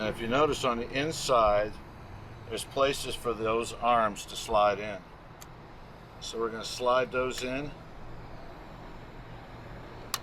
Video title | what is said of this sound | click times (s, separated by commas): RV Repairs - Rear View Mirror Replacement. Lost mirrors in a construction zone fiasco! | Make sure they're all the way in until they click. | 10.1 s